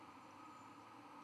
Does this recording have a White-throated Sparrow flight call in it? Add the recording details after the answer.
no. No flight call is heard. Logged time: 23:05 on 11 November 2014